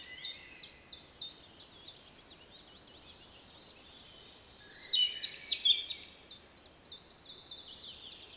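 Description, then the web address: European robin singing a high, shimmering warble in the middle, framed by runs of repeated thin ticking notes. "SETE data Erithacus rubecula"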